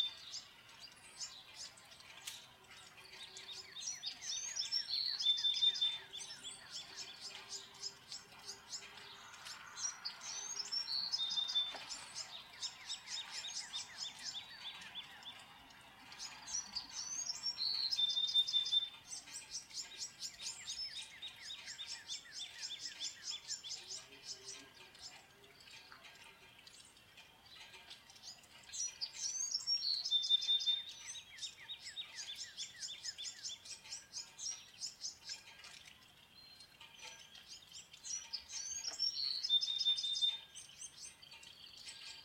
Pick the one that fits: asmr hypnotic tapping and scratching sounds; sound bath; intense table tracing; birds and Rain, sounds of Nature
birds and Rain, sounds of Nature